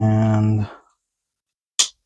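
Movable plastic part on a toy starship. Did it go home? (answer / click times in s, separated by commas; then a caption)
yes / 1.8 s. A movable plastic part on a micro-scale Y-Wing toy starship is pushed up into its raised position. Someone talks briefly, then after a pause a single sharp plastic snap is heard at 1.8 seconds. The part has seated in place.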